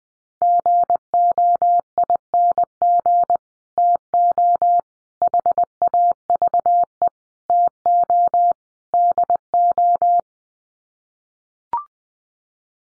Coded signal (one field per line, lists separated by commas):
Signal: Morse code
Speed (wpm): 19 wpm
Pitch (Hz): 700 Hz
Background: none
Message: GOING TO HAVE TO DO